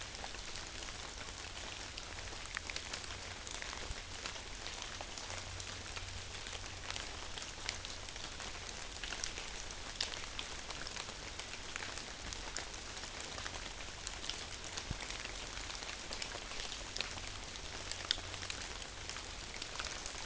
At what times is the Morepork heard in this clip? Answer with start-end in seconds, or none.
none